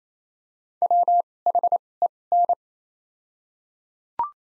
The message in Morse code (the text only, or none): WHEN